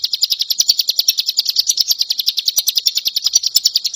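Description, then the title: Leafbird song: rapid, bright, chattering notes in a steady, high-pitched pulsing stream throughout. Indonesian local name cigun; the bird is described as gacor, singing vigorously and continuously. "Cigun Gacor By Kicauan.net"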